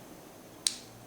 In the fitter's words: see it click back up